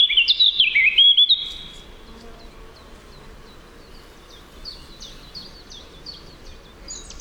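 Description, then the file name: Eurasian blackcap song: a loud, rich warbling phrase of quick high notes lasting over a second, followed by faint, scattered high chirps. "Sylvia atricapilla"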